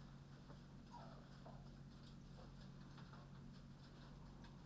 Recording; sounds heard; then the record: poultry house recording; healthy chickens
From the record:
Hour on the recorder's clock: 21